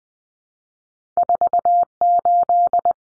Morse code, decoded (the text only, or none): 48